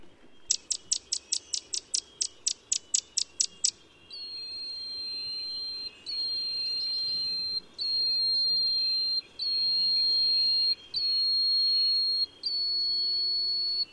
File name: 深山鶯